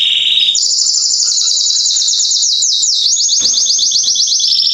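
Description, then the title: Belgian canary song, a continuous loud rapid trill that jumps higher and keeps rolling with slight pitch shifts. Male Belgian canary singing a lot, used to warm up young birds in thirty minutes, for song training. "Esquente Seu Filhote E Canario Belga Em 30 Minutos Macho Cantando Muito"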